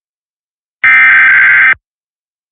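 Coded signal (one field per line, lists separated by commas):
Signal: Emergency Alert System (SAME) tones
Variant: header bursts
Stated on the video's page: Weekly test tones, using WJON products credited to another creator.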